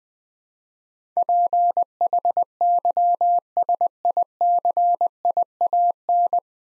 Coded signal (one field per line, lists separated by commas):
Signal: Morse code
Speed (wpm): 20 wpm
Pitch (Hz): 700 Hz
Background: none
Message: PHYSICIAN